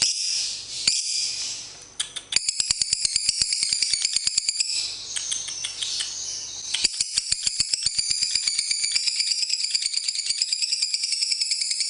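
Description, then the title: Lovebird chatter, high and buzzy, with long, fast, rattling trills of clicky notes. Lovebird song used for training other birds (masteran). "MASTERAN BURUNG Lovebird"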